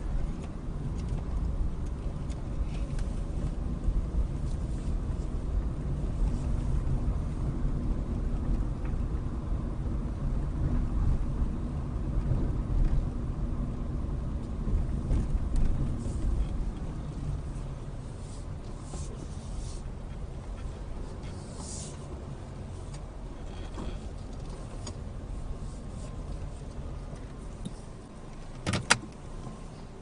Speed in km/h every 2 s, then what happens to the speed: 19, 19, 23, 23, 23, 23, 23, 21, 13, 8, 10, 10, 10, 0, 0.
0-13 steady at about 23. 13-17 brakes to 8. 17-24 steady at about 10. 24-26 brakes to 0. 26-30 standing.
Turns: 14-17, 21-24.